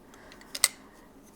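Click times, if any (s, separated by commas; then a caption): 0.6 s. A wound bobbin is placed on the centre prong of a wooden weaving boat shuttle, with the thread end fed through the side, and pressed down. A few faint ticks and a brief snap at 0.55 s lead into a sharp, bright click at 0.6 s as the bobbin locks into place, and then it goes quiet.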